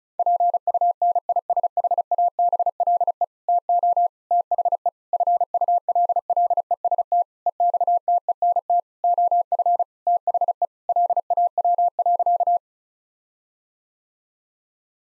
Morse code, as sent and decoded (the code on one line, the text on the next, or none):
.--. ..- -. .. ... .... .- -... .-.. . / - --- / - .... . / ..-. ..- .-.. .-.. . ... - / . -..- - . -. - / --- ..-. / - .... . / .-.. .- .-- .-.-.-
PUNISHABLE TO THE FULLEST EXTENT OF THE LAW.